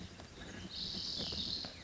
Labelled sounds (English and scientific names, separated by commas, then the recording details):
Spotted Towhee (Pipilo maculatus)
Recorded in Sonoma County, California